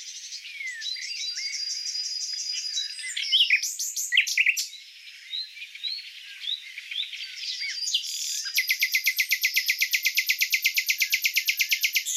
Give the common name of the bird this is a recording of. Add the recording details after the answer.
Common Nightingale. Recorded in the wild. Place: Waltershofen / Freiburg im Breisgau, Baden-Württemberg, DE. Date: 2006-06-04. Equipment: MiniDisc Sharp MT 20 H. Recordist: Schwarz, Dieter